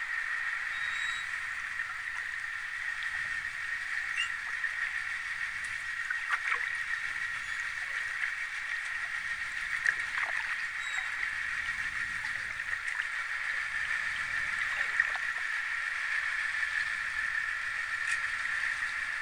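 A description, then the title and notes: At Cadogan Pier under Albert Bridge on the Thames, a steady, dense wash of water-like hiss holds level throughout, with a soft low rumble rising and falling underneath. Faint knocks and creaks surface now and then, around six, ten and fifteen seconds. Cadogan Pier, north bank of the Thames, London, Spring 2023 – by Lucy Wood. Cadogan Pier, North Bank of the river Thames, beneath Albert Bridge near Chelsea Embankment.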